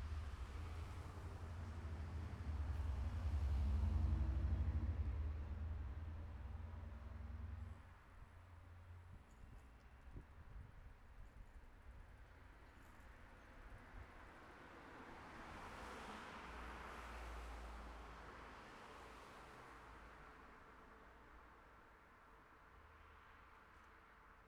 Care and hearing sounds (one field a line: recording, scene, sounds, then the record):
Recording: everyday scene through a hearing-aid microphone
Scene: in traffic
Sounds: traffic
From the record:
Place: city secondary road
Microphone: behind the ear, left, front